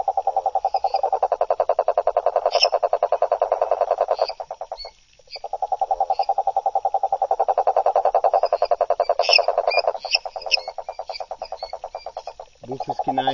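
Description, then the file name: Cururu toad producing long bouts of rapid rattling trills with short breaks, faint high chirps, and a different lower sound at the very end. "Rhinella schneideri"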